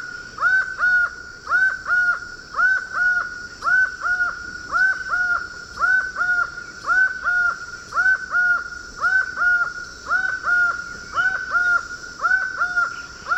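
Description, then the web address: Laughing falcon calling in a steady series of loud, hoarse two-part notes, each rising then level, repeated roughly once a second throughout. Recorded in Ecuador. "S America Birds of Ecuador. Laughing Falcon"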